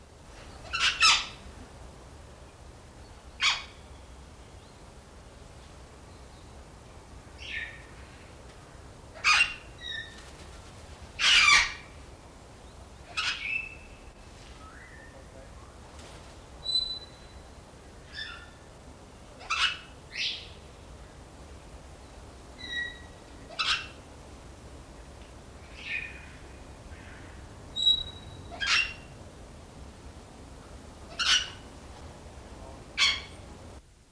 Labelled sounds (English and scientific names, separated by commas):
Major Mitchell's Cockatoo (Lophochroa leadbeateri) call